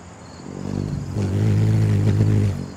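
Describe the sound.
Hummingbird wings humming in a low, steady drone that swells after the first second and holds, then fades near the end.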